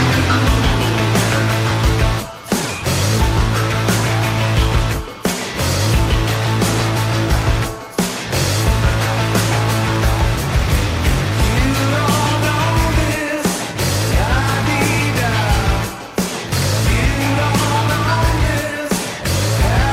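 A loud rock band song plays throughout, with a heavy, driving bass line, dense guitars and a shouted vocal, the wall of sound cutting out in short breaks every few seconds.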